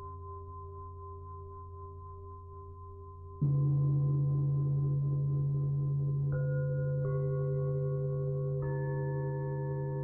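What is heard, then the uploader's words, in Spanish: Tibetan singing bowls ring with long, steady tones, a soft low hum sustained from the start. Near three and a half seconds a louder bowl is struck, adding a strong low tone, and further bowls join around six, seven and eight and a half seconds, layering brighter ringing pitches. Cuencos Tibetanos.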